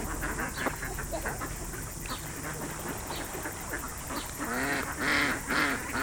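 Ducks calling in a busy flock, overlapping harsh quacks and nasal honking notes throughout, with a louder burst of calls near the end over steady background hiss.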